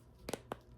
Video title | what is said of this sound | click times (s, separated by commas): Setup tutorial for screen printing film with t3170x / PrintFab (revised 2026) | You're going to do it till it clicks. | 0.3 s, 0.5 s